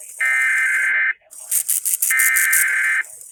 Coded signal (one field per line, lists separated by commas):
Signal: Emergency Alert System (SAME) tones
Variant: header bursts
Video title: DOESN'T GET MUCH USUAL AS THIS. NOAA Weather Radio EAS: Required Weekly Test (EAS #679)